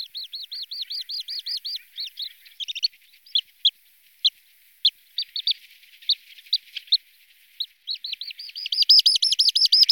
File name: jespák-malý